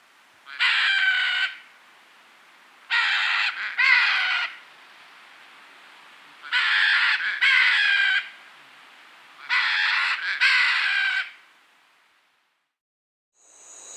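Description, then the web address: Red-and-green macaw making loud rasping squawks in bursts, most of them doubled, about one burst every three seconds, four times, with a fresh call starting at the end. South America. "Natures Songs S America Red-and-green Macaw"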